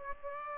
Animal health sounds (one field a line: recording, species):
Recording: mosquito wingbeat signal from an infrared sensor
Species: Aedes aegypti